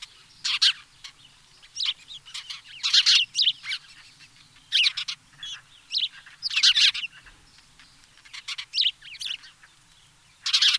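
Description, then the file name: House sparrow chirps in short clustered bursts every second or two, separated by near-silence. "Passer domesticus"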